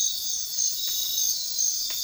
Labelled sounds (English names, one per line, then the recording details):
none
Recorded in dense forest near Puerto Asís, Putumayo, Colombia, on 4 March 2025 at 04:30
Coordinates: 0.500, -76.322
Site GP06